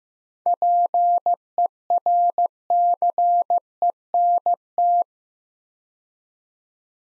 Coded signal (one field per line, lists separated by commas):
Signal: Morse code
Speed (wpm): 15 wpm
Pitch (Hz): 700 Hz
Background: none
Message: PERCENT